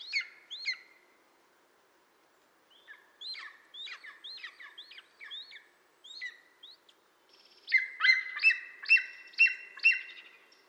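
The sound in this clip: Bird chirps sliding downward, given in loose bursts with gaps, then a louder run of bright repeated notes near the end.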